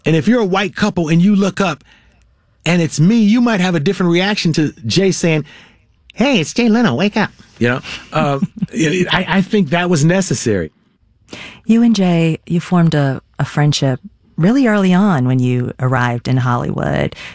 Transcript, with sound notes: And if you're a white couple and you look up and it's me, you might have a different reaction to Jay saying, (imitating Jay Leno) hey, it's Jay Leno, wake up. You know?
(Laughter).
I think that was necessary.
You and Jay, you formed a friendship really early on when you arrived in Hollywood.